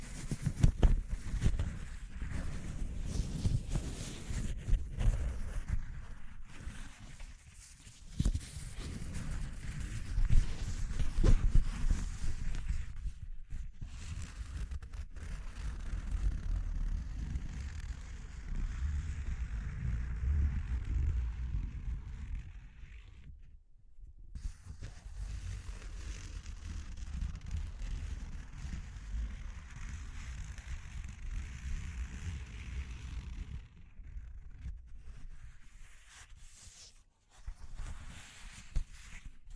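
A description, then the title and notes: A rough, rumbling texture, heavy in the low end, like wind buffeting a microphone or an engine drone, with a faint hiss above. It surges and wavers unevenly throughout, briefly dropping away near 24 seconds and again around 34 to 37 seconds. ASMR Exploring Textures (No Talking).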